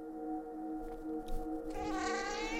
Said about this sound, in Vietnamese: Lại có tiếng mèo kêu ai oán lọt vào trong đầu Phong. Cái âm thanh khàn đục ai oán như xoáy sâu vào tâm can, khiến cho hắn nôn nao khó tả.